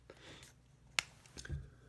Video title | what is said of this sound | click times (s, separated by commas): Sony DSC WX500 cybershot camera Unboxing! First vlogging camera! | So, and that just snaps back in. | 1.0 s